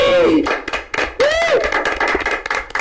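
Dense, rapid applause crackles steadily for a few seconds, mixed with a couple of rising and falling vocal whoops or cheers over the clapping.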